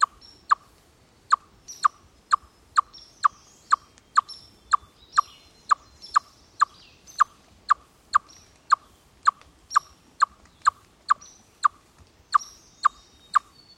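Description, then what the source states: Chipmunk giving a long, steady series of clipped, low clucks about twice a second, some thirty notes, while quiet birdsong continues in the background. Alarm call given in response to an aerial predator.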